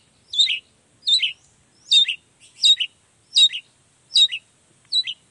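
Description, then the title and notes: Long-tailed shrike song: a steady series of seven harsh two-part chattering notes, each falling in pitch, repeated about every 0.7 seconds. Singing in the morning; the song is used to provoke other long-tailed shrikes into answering, with toet toet variations. "Cendet Gacor Dor Di Kala Pagi Toet Toet Variasi Suara. Cendet Gacor Pagi Hari Biangnya Bikin Cendet Manapun Langsung On Nyaut. Burung cendet"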